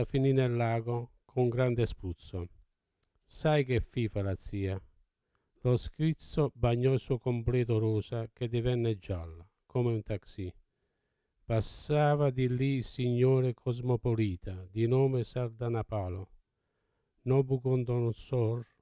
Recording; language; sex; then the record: read passage; Italian; male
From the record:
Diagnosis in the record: Parkinson's disease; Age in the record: 70 years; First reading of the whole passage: 68 s, 7.6 characters per second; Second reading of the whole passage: 61 s, 8.4 characters per second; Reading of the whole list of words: 64 s, 4.4 characters per second